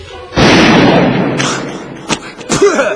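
A sudden loud gunshot blast rings out and rolls into a long, rumbling decay, followed by a few shorter sharp cracks, with a voice briefly audible at the end.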